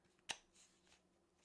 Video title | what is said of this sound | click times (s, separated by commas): TUESDAY STREAM!🤙🏽 | Snap into place. | 0.3 s